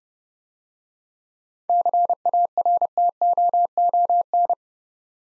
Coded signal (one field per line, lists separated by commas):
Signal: Morse code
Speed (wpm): 31 wpm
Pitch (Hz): 700 Hz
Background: none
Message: CARTOON